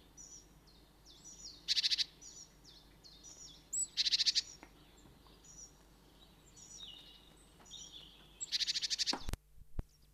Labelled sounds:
Great Tit call

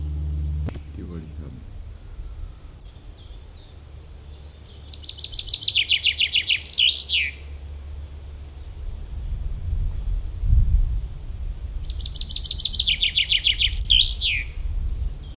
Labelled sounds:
Common Chaffinch song

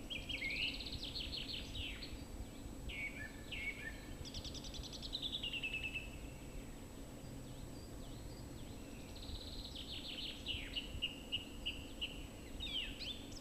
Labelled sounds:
Song Thrush song

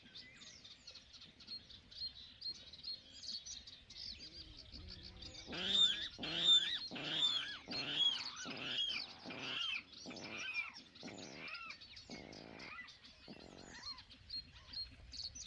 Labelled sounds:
Great Bittern

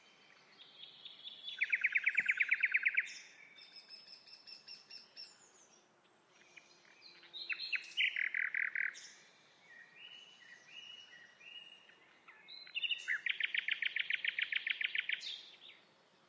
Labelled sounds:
Common Nightingale song

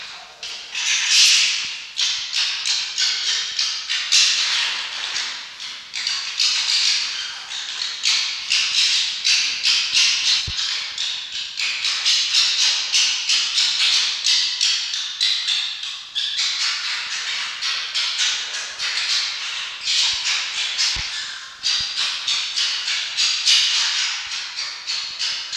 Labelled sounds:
Red Fox

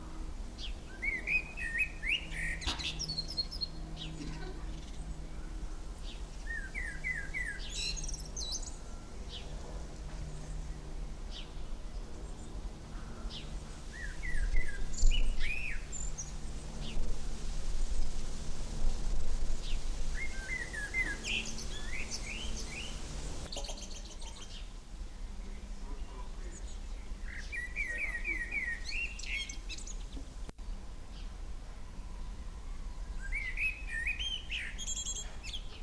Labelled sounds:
Common Blackbird song

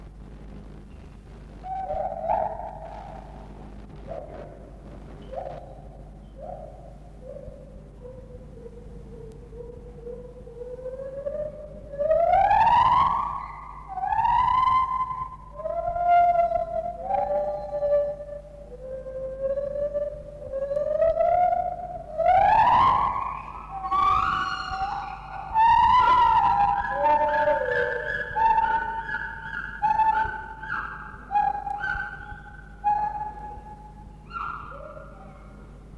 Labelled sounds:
Lar Gibbon

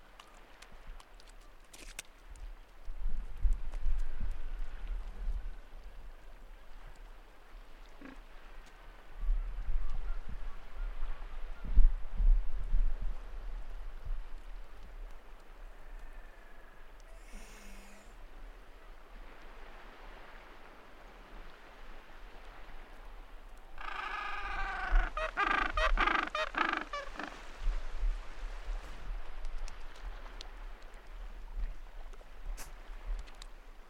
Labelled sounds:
Gentoo Penguin call

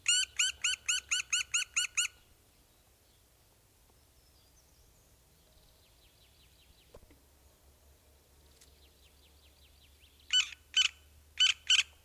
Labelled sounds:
Black Woodpecker begging call

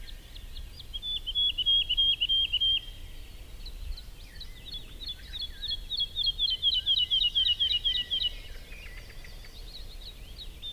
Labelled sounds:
Wood Lark song

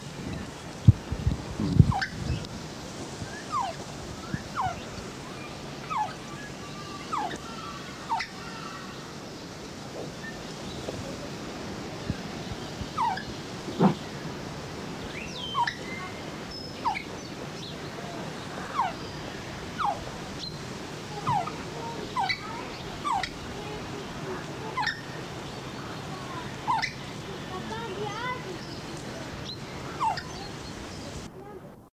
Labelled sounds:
Great Curassow call

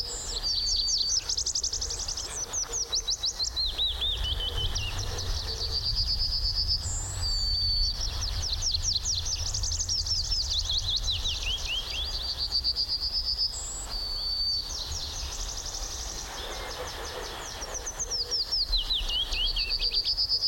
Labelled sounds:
Yellowhammer

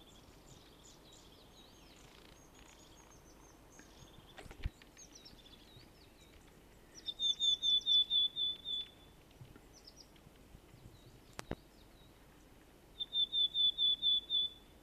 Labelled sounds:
Willow Tit song

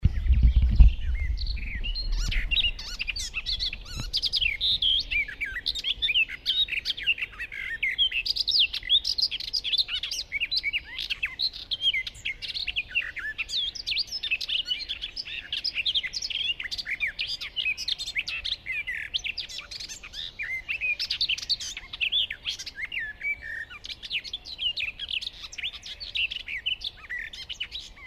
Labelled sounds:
Garden Warbler song

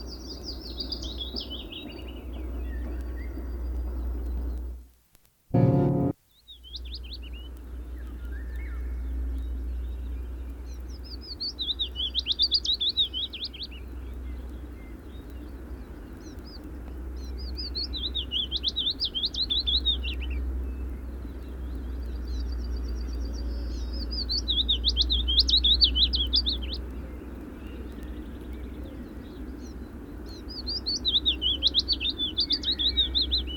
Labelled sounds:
Willow Warbler song

